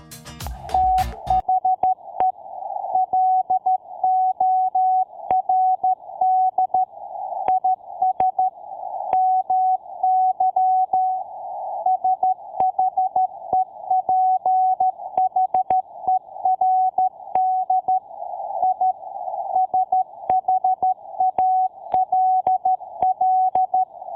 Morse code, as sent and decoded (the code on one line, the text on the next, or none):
- .... . / .-.. --- .-. -.. / .. ... / -- -.-- / ... .... . .--. .... . .-. -.. / .. / ... .... .- .-.. .-..
THE LORD IS MY SHEPHERD I SHALL